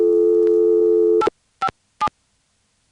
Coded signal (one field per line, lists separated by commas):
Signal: DTMF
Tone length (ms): 70 ms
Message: 857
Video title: What Did the Old Telephone Network Sound Like? (Old version; See description for the current one)